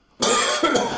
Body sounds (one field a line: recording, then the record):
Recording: coughing mixed with background sound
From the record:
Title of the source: Mid-morning Winter Coughing Fit